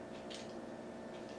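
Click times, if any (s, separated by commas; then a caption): none. A plastic foot of a toy figure is lined up and pushed toward the tabs on its upper body, giving only faint scraping and brief plastic rubbing over a steady low hum. The foot does not seat, and no click is heard.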